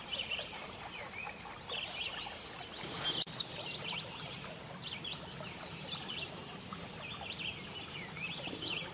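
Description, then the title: Birds twitter in a chorus of high, scattered chirps over background hiss, broken by a sharp click around three seconds. Birdsong recorded at a lake and forest. "Relaxing Birdsong - HD Lake and Forest"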